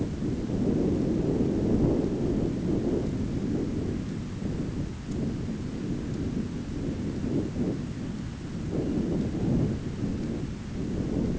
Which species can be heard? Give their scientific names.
Calidris alpina